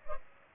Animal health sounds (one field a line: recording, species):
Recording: mosquito wingbeat signal from an infrared sensor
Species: Culex pipiens